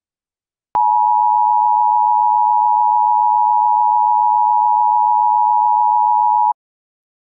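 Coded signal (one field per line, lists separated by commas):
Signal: Emergency Alert System (SAME) tones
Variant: 853 and 960 Hz attention tone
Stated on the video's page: Fictional EAS scenario, a homemade simulated alert.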